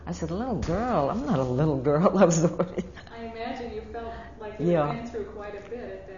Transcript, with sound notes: I said, "Little girl, I'm not a little girl." I was very-- (She laughs.)
I imagine you felt like you had been through quite a bit at that age.